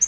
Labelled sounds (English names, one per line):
Yellow-rumped Warbler flight call